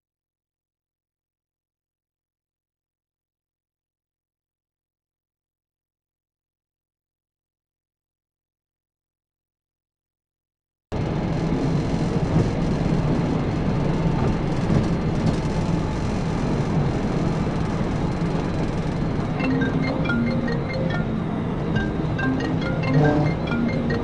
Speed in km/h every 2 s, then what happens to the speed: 150, 153, 153, 161, 164, 172, 179, 171, 171, 163, 163, 166.
0-11 speeds up to 179. 11-24 slows to 166.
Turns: none.